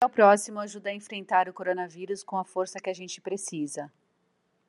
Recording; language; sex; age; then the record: spoken sentence; Brazilian Portuguese; female; 50 to 59 years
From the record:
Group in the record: control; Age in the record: 53 years